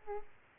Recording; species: mosquito wingbeat signal from an infrared sensor; Aedes aegypti